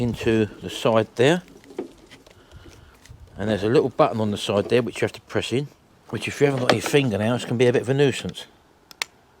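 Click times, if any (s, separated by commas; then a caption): 9.0 s. A jump lead plug is pushed into the socket on the side of a portable jump starter pack while the small button on the side is pressed in, as someone talks. After a quiet moment, the plug seats with a short, sharp click at 9.0 s.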